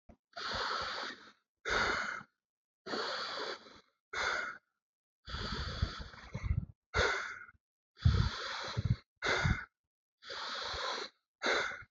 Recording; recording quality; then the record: deep breathing; excellent, no background noise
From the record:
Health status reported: healthy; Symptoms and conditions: none ticked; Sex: male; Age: 33 years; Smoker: not ticked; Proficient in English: yes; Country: India